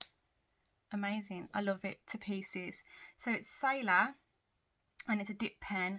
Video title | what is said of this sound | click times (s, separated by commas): How I use my commonplace book - MD B6 slim notebook - Traveler's notebook | Um, so yeah, a dip pen and it just clicks back into there. And if you can hear it click, | 0.0 s